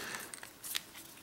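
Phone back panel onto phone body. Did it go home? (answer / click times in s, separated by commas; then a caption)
yes / 0.3 s, 0.4 s, 0.8 s. The plastic/metal back panel of an HTC One Max, a large smartphone, is pushed toward the center as it is worked back onto the phone body so its fittings snap in. Sharp snaps sound at 0.3, 0.4, 0.4 and 0.8 s, the last being the loudest, over a faint rustling background. The back panel ends up seated on the phone.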